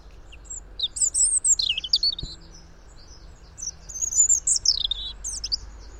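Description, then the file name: European robin song: two bursts of thin, high, sliding whistles and quick twittery notes, with a low steady hum beneath. "Erithacus rubecula"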